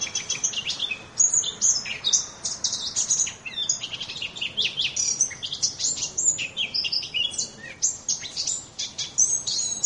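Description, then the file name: Eurasian blackcap delivering a steady stream of rapid, chattering high warbles, the notes tumbling with little pause throughout. "moenchsgrasmuecke"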